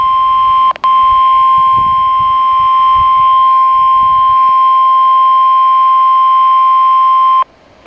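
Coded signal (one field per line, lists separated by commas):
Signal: Emergency Alert System (SAME) tones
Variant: 1050 Hz attention tone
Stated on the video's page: Required Weekly Test from NWS office AKQ.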